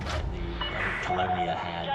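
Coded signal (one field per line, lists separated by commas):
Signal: none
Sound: a game's interface beeps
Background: speech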